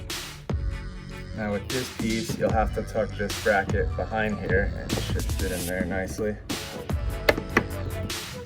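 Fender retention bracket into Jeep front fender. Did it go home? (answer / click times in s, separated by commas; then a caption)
yes / 7.3 s, 7.6 s. Someone talks over background music while a retention bracket from an American Adventure Labs fender retention hardware kit is worked in behind a Jeep JL front fender and pressed into place. Two sharp, short clicks ring out at 7.3 and 7.6 seconds as the bracket snaps into place and seats.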